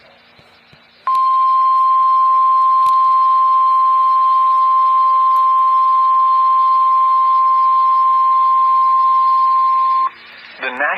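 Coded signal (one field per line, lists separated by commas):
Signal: Emergency Alert System (SAME) tones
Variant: 1050 Hz attention tone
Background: speech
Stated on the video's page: Real EAS alerts from storms in New England.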